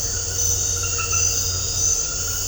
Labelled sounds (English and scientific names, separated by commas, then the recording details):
none
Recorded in dense forest near Puerto Asís, Putumayo, Colombia, on 4 March 2025 at 22:30
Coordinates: 0.468, -76.322
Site GP01